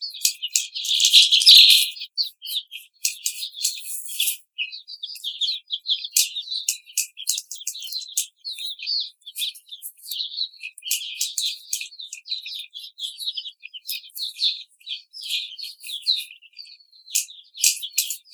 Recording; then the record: young laying hens in a cage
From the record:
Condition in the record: treatment cage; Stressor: simulated dog barking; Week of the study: 5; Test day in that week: 1